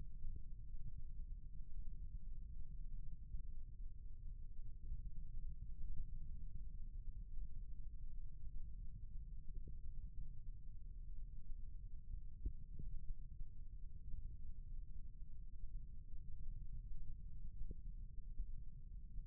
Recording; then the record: forearm muscle sounds (acoustic myography)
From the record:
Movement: rest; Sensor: system 1, eight BSWA MPA416 microphones around the upper forearm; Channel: 5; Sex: male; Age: 28 years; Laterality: right